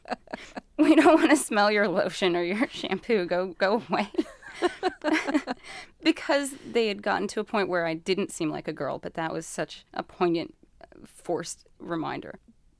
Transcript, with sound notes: We don't want to smell your lotion or your shampoo. Go - go away.
(LAUGHTER)
Because they had gotten to a point where I didn't seem like a girl but that was such a poignant, forced reminder.